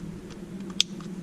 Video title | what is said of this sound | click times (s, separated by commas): 8th Gen Honda Civic Cruise Control fix | voila clicked right in | 0.8 s